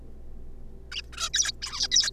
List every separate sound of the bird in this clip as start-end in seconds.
0.92-1.01, 1.13-1.29, 1.34-1.52, 1.62-1.88, 1.92-2.10